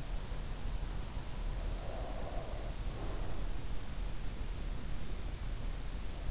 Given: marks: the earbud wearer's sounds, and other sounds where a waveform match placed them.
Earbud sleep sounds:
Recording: sounds in sleep by an in-ear microphone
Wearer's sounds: breath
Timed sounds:
1.50-3.67 s: breath

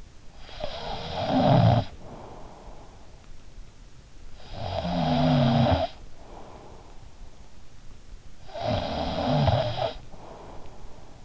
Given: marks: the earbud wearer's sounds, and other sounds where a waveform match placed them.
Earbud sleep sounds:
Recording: sounds in sleep by an in-ear microphone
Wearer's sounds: snoring breath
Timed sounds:
0.00-3.25 s: snoring breath
3.97-7.51 s: snoring breath
8.34-11.25 s: snoring breath

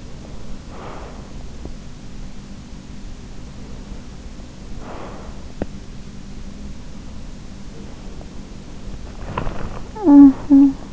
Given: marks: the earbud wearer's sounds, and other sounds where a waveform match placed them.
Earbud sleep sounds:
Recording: sounds in sleep by an in-ear microphone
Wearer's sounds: breath, body movement, talking in sleep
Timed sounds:
0.00-1.33 s: breath
3.75-5.59 s: breath
7.72-9.06 s: breath
9.06-9.68 s: body movement
10.00-10.93 s: talking in sleep

